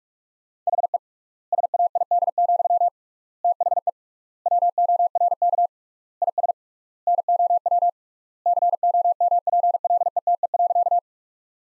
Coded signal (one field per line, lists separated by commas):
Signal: Morse code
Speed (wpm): 42 wpm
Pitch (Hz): 700 Hz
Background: none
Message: HE SAID, THE WORK IS NOW COMPLETE.